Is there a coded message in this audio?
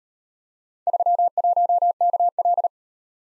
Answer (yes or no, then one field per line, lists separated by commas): yes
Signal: Morse code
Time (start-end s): 0.9-2.7 s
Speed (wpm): 38 wpm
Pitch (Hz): 700 Hz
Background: none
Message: 31KL